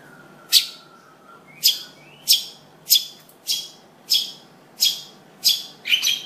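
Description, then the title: Long-tailed shrike uttering loud, grating single notes in a steady series, with a faint low whistle near the start. Combination song style (kicau kombinasi). "Kicau Pentet Kombinasi"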